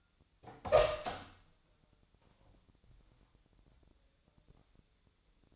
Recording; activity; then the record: daily activity, microphone in the room; open door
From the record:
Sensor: 3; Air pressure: 1007.5 hPa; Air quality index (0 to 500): 194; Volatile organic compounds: 15 ppm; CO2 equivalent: 2486 ppm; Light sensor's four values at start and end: 12/28/12/12 and 12/29/12/12